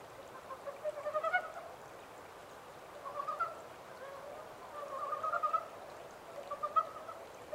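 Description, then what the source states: Frog calling in short runs of quick, throaty pulses, four bursts spaced roughly two seconds apart over a faint hiss. Recorded 14 April 2010 at 03:17.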